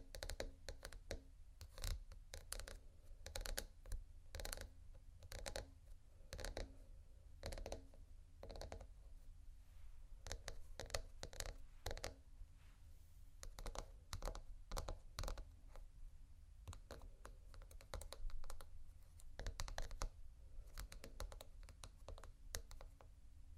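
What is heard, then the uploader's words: Slow scratching and tapping on textured surfaces: crisp, dry clicks and brief scrapes come in irregular clusters throughout, sometimes sparse, sometimes dense and rapid like typing. A low steady rumble sits underneath the whole time, with quieter gaps near the middle. ASMR Slow Scratching & Tapping on Textures (No Talking).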